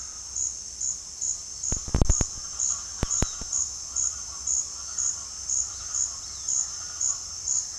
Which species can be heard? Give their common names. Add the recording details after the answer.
Speckled Chachalaca, Great Kiskadee, Roadside Hawk. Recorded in dense forest near Puerto Asís, Putumayo, Colombia, on 20 February 2024 at 08:00. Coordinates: 0.485, -76.322. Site G6406